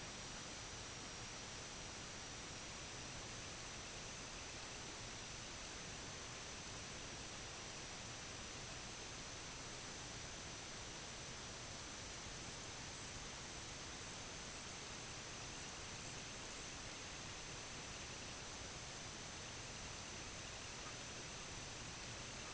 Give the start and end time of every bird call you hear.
[2.31, 9.75] Semipalmated Sandpiper
[12.26, 16.87] White-rumped Sandpiper
[14.22, 22.54] Semipalmated Sandpiper
[20.71, 21.02] Red-throated Loon

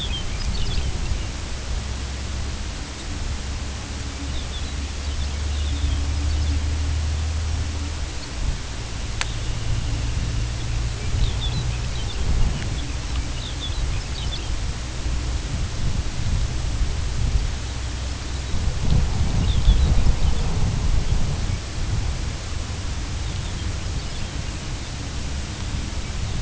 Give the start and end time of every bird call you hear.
[0.00, 1.38] Lapland Longspur
[2.94, 3.10] Lapland Longspur
[4.25, 6.79] Lapland Longspur
[8.06, 8.39] Lapland Longspur
[9.24, 12.32] Dunlin
[11.07, 14.57] Lapland Longspur
[19.29, 20.59] Lapland Longspur
[20.95, 21.66] Lapland Longspur
[23.16, 24.52] Lapland Longspur

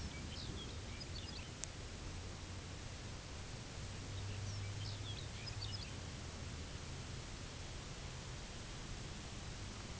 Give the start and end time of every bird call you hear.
[0.01, 1.64] Lapland Longspur
[4.00, 6.01] Lapland Longspur

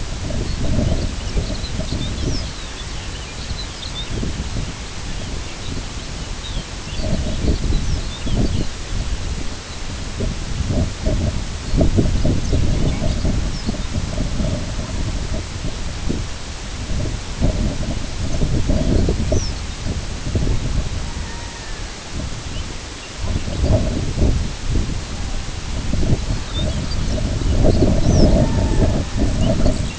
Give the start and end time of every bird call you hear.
[0.41, 4.33] Lapland Longspur
[5.09, 8.87] Lapland Longspur
[11.59, 13.90] Lapland Longspur
[17.98, 19.80] Lapland Longspur
[20.93, 22.00] Red-throated Loon
[22.46, 23.75] Lapland Longspur
[26.20, 28.45] Lapland Longspur
[28.07, 29.59] Red-throated Loon
[28.57, 29.96] White-rumped Sandpiper
[29.34, 29.95] Lapland Longspur

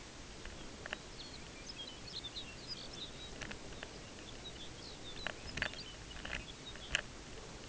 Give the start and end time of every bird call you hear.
[0.35, 7.00] Lapland Longspur

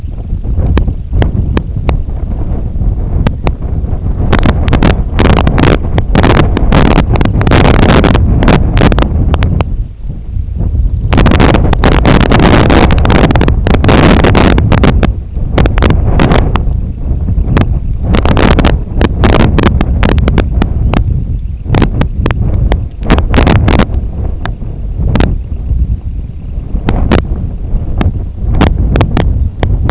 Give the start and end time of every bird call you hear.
[0.04, 3.06] Semipalmated Sandpiper
[16.68, 29.32] Semipalmated Sandpiper

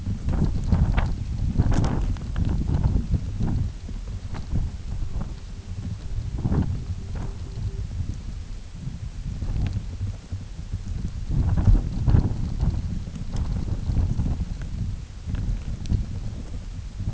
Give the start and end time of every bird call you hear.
[3.79, 7.88] Pectoral Sandpiper

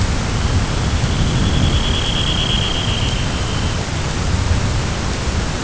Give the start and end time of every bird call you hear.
[0.22, 3.79] Dunlin

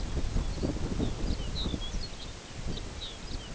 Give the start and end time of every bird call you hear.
[0.28, 3.50] Lapland Longspur

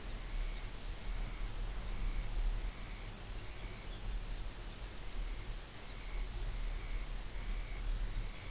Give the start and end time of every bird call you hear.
[0.00, 3.92] Dunlin
[0.01, 1.02] Lapland Longspur
[1.75, 1.98] Lapland Longspur
[2.29, 2.50] Lapland Longspur
[3.40, 5.28] Lapland Longspur
[4.83, 8.50] Dunlin
[5.67, 6.93] Lapland Longspur
[7.82, 8.50] Lapland Longspur

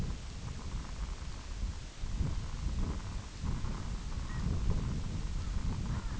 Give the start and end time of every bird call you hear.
[4.22, 4.45] Long-tailed Duck
[5.29, 6.17] Long-tailed Duck

